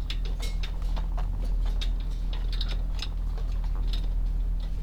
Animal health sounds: poultry house recording; sick chickens (respiratory disease)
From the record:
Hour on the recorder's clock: 16

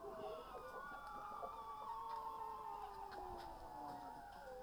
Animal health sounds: poultry house recording; healthy chickens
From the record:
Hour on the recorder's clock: 19

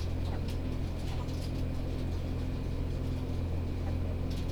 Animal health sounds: poultry house recording; sick chickens (respiratory disease)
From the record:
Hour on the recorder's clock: 19

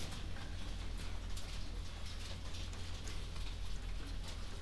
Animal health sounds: poultry house recording; no chicken sound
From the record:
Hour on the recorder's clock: 0

